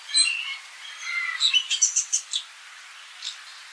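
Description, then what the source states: Bull-headed shrike calls, a few varied whistled notes followed by a quick harsh series of about seven clipped notes, then a single faint note. Recorded on 30 March 2014.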